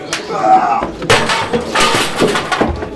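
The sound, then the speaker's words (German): Saloon doors swing open and shut, giving a few sharp wooden flaps and thumps in uneven succession, with a thin creak early on and a low murmur underneath. “Lasst uns lieber vor die Tür gehen, bevor hier noch eine Massenschlägerei ausbricht.”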